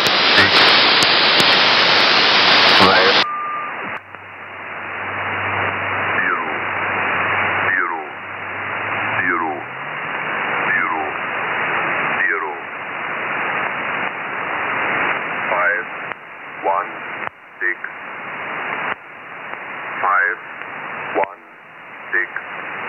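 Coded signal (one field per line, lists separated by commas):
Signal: numbers station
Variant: E06, English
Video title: Number Station E06, Russian intelligence, in English.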